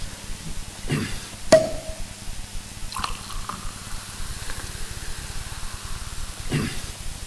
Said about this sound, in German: So, und jetzt öffnen Sie bitte den Champagner, Sie kommen. Ja, gut, Sir.